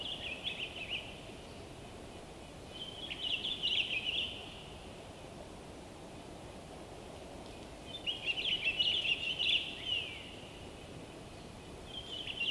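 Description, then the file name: Bird song in several high twittering bursts, with quiet stretches of steady low hiss between. Winter forest by day, frozen wood, North Laurentian Woods, Canada. "WINTER Forest day blissful bird song resonating through the frozen wood North Laurentian Woods Canada LOOPLR"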